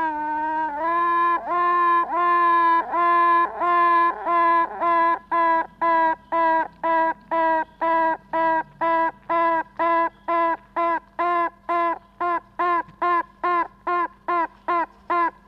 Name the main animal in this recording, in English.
Honey Bee